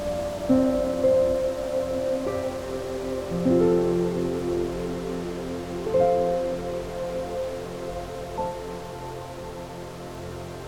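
Slow, relaxing music plays in soft, sustained low and middle tones, with new notes or chords entering around 0.5, 3.5, 6 and 8.5 seconds and fading gently. Beneath it runs a steady, quiet hiss like rustling leaves or light rain.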